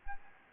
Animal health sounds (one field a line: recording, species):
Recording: mosquito wingbeat signal from an infrared sensor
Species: Anopheles gambiae